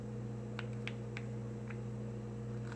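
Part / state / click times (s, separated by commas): polymer rifle magazine into AK magazine well / not seated / none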